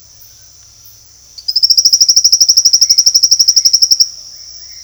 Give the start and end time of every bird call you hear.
2.82s-4.84s: bird call (1.4-2.4 kHz)

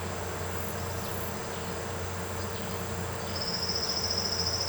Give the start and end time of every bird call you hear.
3.32s-4.68s: bird call (4.0-6.3 kHz)

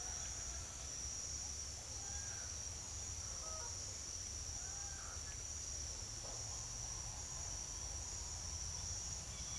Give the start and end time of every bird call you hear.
0.00s-0.92s: bird call (0.4-2.4 kHz)
1.83s-2.61s: bird call (0.3-2.2 kHz)
3.23s-3.83s: bird call (0.5-1.5 kHz)
4.23s-5.48s: bird call (0.3-2.0 kHz)

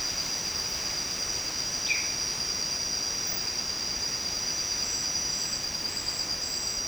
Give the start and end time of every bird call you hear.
1.79s-2.31s: bird call (1.9-3.7 kHz)

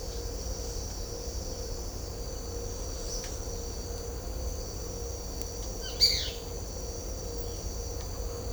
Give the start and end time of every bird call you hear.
5.78s-6.30s: bird call (1.4-5.1 kHz)

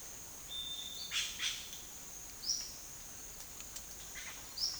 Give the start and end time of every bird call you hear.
0.40s-1.55s: bird call (0.8-11.5 kHz)
2.30s-2.62s: bird call (3.9-6.6 kHz)
4.07s-4.77s: bird call (0.8-6.5 kHz)

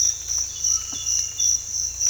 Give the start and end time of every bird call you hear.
0.64s-1.08s: bird call (0.9-1.8 kHz)

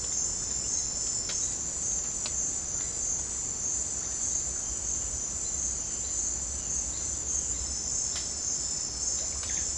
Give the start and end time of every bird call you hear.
9.32s-9.78s: bird call (0.9-4.9 kHz)

